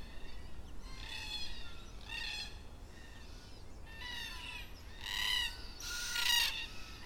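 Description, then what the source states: Black cockatoo calls, separate wailing, rasping notes about a second apart, growing louder toward the end over a quiet background. Black cockatoos at dusk in Perth.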